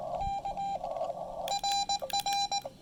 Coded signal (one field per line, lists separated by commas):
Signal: Morse code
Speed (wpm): 18 wpm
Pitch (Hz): 800 Hz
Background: none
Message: K RR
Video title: POTA Field Report: Attempting to deplete the Xiegu X5105 internal battery at Lake Norman